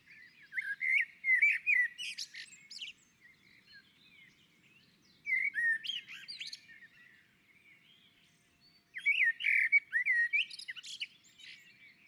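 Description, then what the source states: Common blackbird giving three separate phrases, each a mellow whistled opening breaking into squeaky, high-pitched chatter, spaced about four seconds apart. On a roof.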